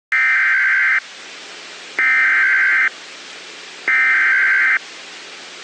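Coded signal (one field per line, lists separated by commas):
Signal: Emergency Alert System (SAME) tones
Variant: header bursts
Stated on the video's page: Real EAS activation for a severe thunderstorm warning in Denver, Colorado issued by the National Weather Service.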